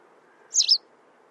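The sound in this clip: White wagtail, one short high disyllabic chip note, sharp and bright, against a quiet low rumble.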